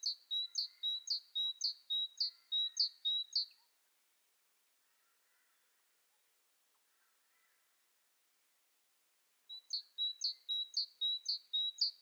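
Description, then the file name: Great tit song: a steady series of several sharp two-note phrases, roughly six seconds of silence, then the pattern resumes. "Parus major"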